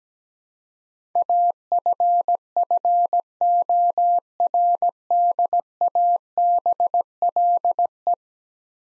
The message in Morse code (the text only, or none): AFFORDABLE